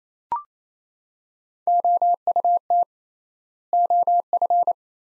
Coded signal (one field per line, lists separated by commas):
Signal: Morse code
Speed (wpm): 28 wpm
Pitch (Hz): 700 Hz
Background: none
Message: OUT OF